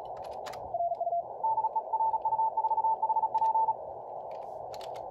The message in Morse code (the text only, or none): DE RU4HP